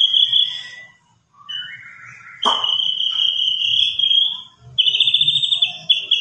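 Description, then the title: White-rumped shama singing long, steady high whistles, one sharp click, then a quick trilled phrase, over a soft low hum. Lure recording of an actively singing bird, meant to make a shama respond at once. "PANCINGAN MEWAH MURAI BATU GACOR, SEKALI DENGAR AMPUH LANGSUNG RESPON"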